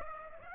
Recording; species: mosquito wingbeat signal from an infrared sensor; Aedes aegypti